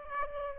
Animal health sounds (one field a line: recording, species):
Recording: mosquito wingbeat signal from an infrared sensor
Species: Aedes aegypti